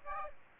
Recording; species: mosquito wingbeat signal from an infrared sensor; Aedes aegypti